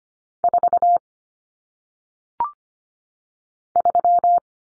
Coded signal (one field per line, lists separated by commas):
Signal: Morse code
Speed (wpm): 25 wpm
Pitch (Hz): 700 Hz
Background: none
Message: 4 3